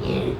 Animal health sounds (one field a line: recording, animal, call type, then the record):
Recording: contact call of a hoofed animal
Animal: pig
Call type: closed-mouth grunt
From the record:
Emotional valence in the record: negative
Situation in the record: short social isolation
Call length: 0.40 s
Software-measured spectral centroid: 1650 Hz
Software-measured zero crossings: 1110 a second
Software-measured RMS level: -24 dBFS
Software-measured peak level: -12 dBFS